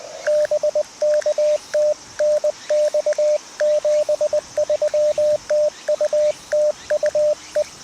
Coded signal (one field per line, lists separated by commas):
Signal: Morse code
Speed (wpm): 20 wpm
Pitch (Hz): 600 Hz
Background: radio noise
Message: BK TNX 73 TU TU E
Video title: （再）開局３周年記念 いまだにCW初心者 CQ POTA 20/18WPM HAMRS ログ取り POTA JP-1306 東高根森林公園 2024/09/10 アマチュア無線 VLOG 530